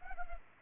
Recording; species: mosquito wingbeat signal from an infrared sensor; Culex pipiens